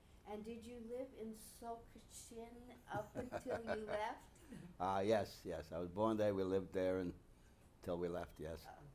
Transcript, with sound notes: And did you live in Sochosin up until you left?
(He laughs) Ah, yes, yes. I was born there. We lived there until we left, yes.